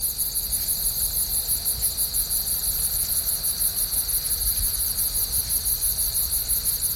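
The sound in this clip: Cricket: a dense, pulsing high-pitched trill continuing steadily throughout, with a low rumble of background noise underneath.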